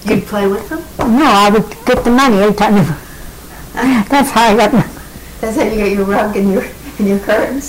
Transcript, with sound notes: You'd play with them?
No, I would take the money, every time they would (laughing) That's how I got my money.
That's how you got your rug and your, your curtains.